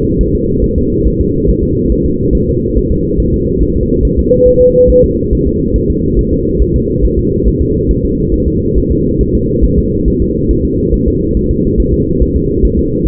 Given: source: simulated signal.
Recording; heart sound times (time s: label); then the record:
fetal heart sounds
0.21 s: S1
0.35 s: S2
0.64 s: S1
0.78 s: S2
1.07 s: S1
1.21 s: S2
1.49 s: S1
1.64 s: S2
1.92 s: S1
2.06 s: S2
2.35 s: S1
2.49 s: S2
2.78 s: S1
2.92 s: S2
3.20 s: S1
3.34 s: S2
3.62 s: S1
3.77 s: S2
4.05 s: S1
4.19 s: S2
4.48 s: S1
4.62 s: S2
4.90 s: S1
5.04 s: S2
5.33 s: S1
5.47 s: S2
5.76 s: S1
5.90 s: S2
6.19 s: S1
6.33 s: S2
6.62 s: S1
6.76 s: S2
7.05 s: S1
7.19 s: S2
7.48 s: S1
7.62 s: S2
7.91 s: S1
8.05 s: S2
8.34 s: S1
8.48 s: S2
8.78 s: S1
8.92 s: S2
9.21 s: S1
9.35 s: S2
9.64 s: S1
9.79 s: S2
10.08 s: S1
10.22 s: S2
10.51 s: S1
10.65 s: S2
10.94 s: S1
11.08 s: S2
11.37 s: S1
11.51 s: S2
11.80 s: S1
11.94 s: S2
12.22 s: S1
12.36 s: S2
12.65 s: S1
12.79 s: S2
13.07 s: S1
From the record:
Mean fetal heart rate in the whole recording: 140 bpm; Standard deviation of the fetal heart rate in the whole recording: 2 bpm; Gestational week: 34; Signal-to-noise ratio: -10.2 dB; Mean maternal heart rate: 72 bpm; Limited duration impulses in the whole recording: present